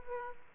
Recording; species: mosquito wingbeat signal from an infrared sensor; Aedes aegypti